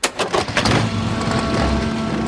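Engines of sidecars, motorcycles, cars and trucks carrying 80 resistance fighters arriving at Neuvic-sur-Lille at 18:30 rumble steadily, a few sharp mechanical clatters at the start giving way to a continuous loud, low drone of running motors.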